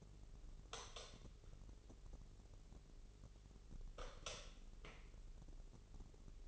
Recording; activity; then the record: daily activity, microphone in the room; light off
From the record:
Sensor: 4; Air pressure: 996.0 hPa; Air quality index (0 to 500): 62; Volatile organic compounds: 2 ppm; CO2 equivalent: 1099 ppm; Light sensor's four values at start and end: 18/46/18/18 and 15/34/14/13